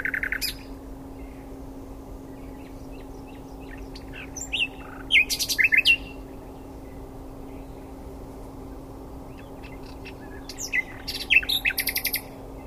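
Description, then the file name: Common nightingale song in short bursts: brief buzzy trills and chirped phrases separated by long quiet gaps, over a constant low hum. "Luscinia megarhynchos"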